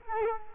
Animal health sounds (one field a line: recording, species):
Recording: mosquito wingbeat signal from an infrared sensor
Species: Culex quinquefasciatus